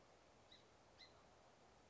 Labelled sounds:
Song Sparrow
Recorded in Sonoma County, California

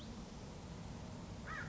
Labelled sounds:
American Crow
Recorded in Sonoma County, California

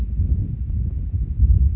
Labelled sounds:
California Towhee
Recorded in Sonoma County, California

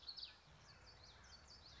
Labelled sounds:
Common Yellowthroat
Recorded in Sonoma County, California

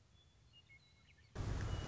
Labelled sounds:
Western Meadowlark
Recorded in Sonoma County, California

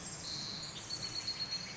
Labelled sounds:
Pacific Wren
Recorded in Sonoma County, California

